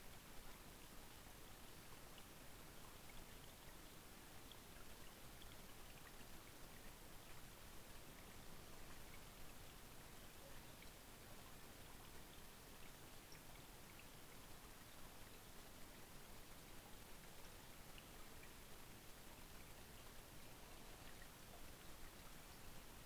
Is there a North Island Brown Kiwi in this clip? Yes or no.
no